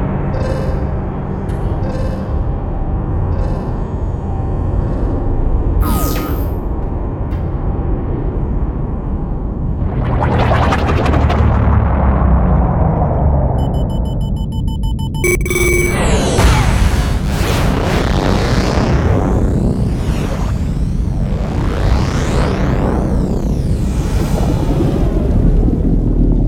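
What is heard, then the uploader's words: A spaceship sound effect built on a constant deep roar that stays loud throughout. Around six seconds a sharp sweep cuts through, then rising whooshes near ten seconds, a burst of beeping tones around fifteen, and repeated swooping sweeps in the last ten seconds. Battlecruiser - Spaceship Sound Effects.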